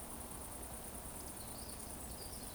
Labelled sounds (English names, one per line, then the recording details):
Eurasian Woodcock whistle
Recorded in Baden-Württemberg, Germany, on 25 June 2020 at 20:13 UTC
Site 14569, 102 m above sea level